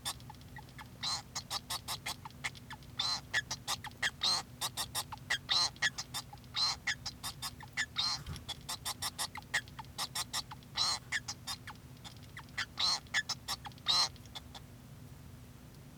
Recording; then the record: song of a male Bengalese finch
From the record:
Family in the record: son of father 2